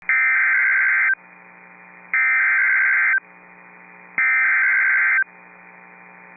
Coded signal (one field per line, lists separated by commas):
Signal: Emergency Alert System (SAME) tones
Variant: header bursts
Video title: Severe Thunderstorm Warning (Adams, Grant, Hettinger, Sioux Counties, ND) (8/7/25) [EAS #247]